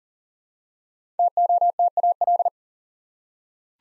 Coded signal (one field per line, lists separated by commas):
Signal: Morse code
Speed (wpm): 39 wpm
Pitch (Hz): 700 Hz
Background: none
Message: TOTAL